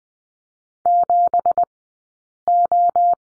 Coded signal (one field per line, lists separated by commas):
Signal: Morse code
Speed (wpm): 20 wpm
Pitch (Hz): 700 Hz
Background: none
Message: 7O